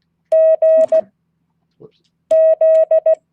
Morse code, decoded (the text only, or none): GZ